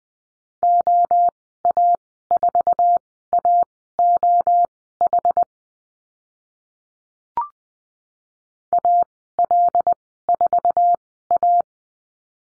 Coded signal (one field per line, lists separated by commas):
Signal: Morse code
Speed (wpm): 20 wpm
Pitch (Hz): 700 Hz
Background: none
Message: OA4AOH AL4A